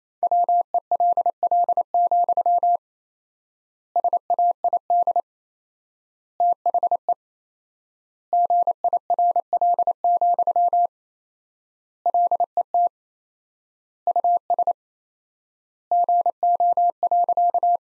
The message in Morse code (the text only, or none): WELL, SAID THE GIRL, LET US GO.